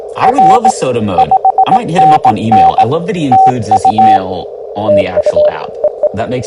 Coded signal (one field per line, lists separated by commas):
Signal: Morse code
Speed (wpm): 18 wpm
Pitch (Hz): 760 Hz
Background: speech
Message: R 5NN TU